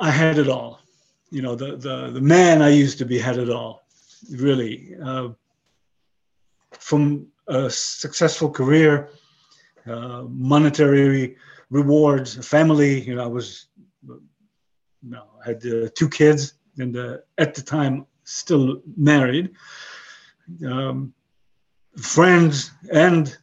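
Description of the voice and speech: A 62-year-old man with aphasia after a stroke about 11 years earlier speaks in short bursts broken by long pauses of up to a second and a half, with drawn-out fillers and a repeated "the, the, the" as he searches for words. The halting, effortful delivery fits mild aphasia; he has lost most of his languages and finds word construction difficult.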